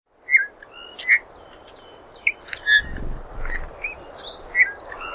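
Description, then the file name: Eurasian bullfinch soft piping calls, short whistled notes spaced irregularly, with a few faint higher chirps from other small birds and a brief low thump. "Pyrrhula pyrrhula"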